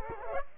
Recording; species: mosquito wingbeat signal from an infrared sensor; Culex quinquefasciatus